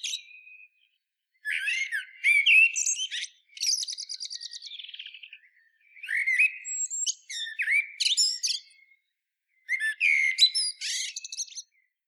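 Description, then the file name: Common blackbird song: a stream of varied warbled phrases full of quick high twitters and slurred whistles, separated by short breaks. "Turdus merula"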